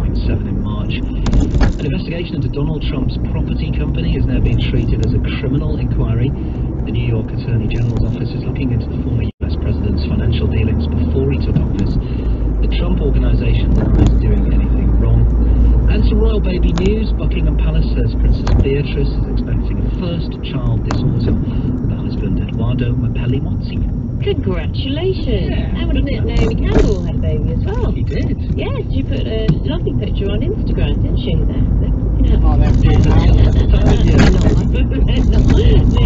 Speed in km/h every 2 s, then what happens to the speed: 29, 31, 32, 34, 37, 37, 40, 40, 37, 34, 26, 19, 23, 16, 23, 26, 27, 23.
0-14 speeds up to 40. 14-21 slows to 19.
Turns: none.